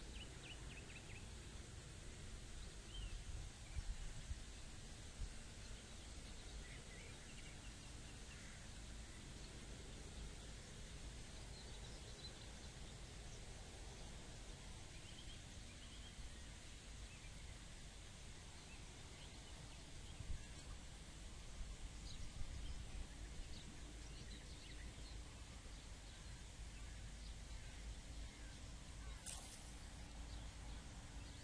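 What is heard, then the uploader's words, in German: A live outdoor recording from nature by the Elbe: a steady, dense wash of low rumble and hiss runs throughout with little change. Faint brief chirps and rustles surface now and then, and a sharp bright tick stands out near the end. Live aus der Natur von der #Elbe.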